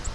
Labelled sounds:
Virginia's Warbler (Leiothlypis virginiae) flight call

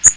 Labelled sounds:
Magnolia Warbler (Setophaga magnolia) flight call

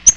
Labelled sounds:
Yellow-rumped Warbler (Setophaga coronata) flight call

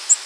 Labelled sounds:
Nashville Warbler (Leiothlypis ruficapilla) flight call

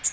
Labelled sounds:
Magnolia Warbler (Setophaga magnolia) flight call

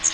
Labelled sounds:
Magnolia Warbler (Setophaga magnolia) flight call

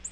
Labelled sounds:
Yellow-rumped Warbler (Setophaga coronata) flight call

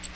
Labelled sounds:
Magnolia Warbler (Setophaga magnolia) flight call

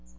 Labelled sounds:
Magnolia Warbler (Setophaga magnolia) flight call

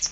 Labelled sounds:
Hooded Warbler (Setophaga citrina) flight call

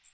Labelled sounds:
Magnolia Warbler (Setophaga magnolia) flight call

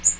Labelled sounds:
Magnolia Warbler (Setophaga magnolia) flight call

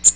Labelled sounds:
Magnolia Warbler (Setophaga magnolia) flight call

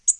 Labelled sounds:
Tennessee Warbler (Leiothlypis peregrina) flight call

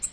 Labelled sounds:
Nashville Warbler (Leiothlypis ruficapilla) flight call

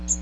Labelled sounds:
Magnolia Warbler (Setophaga magnolia) flight call

